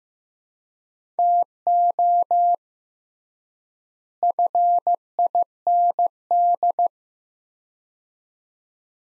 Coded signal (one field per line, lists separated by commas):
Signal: Morse code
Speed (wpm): 15 wpm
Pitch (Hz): 700 Hz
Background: none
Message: TO FIND